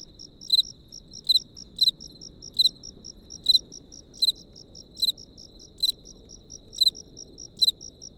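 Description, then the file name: Cricket song of crisp high chirps, about ten in eight seconds, with faint ticking pulses in between. Crickets recorded close up. "tomas miguel - grillos close up"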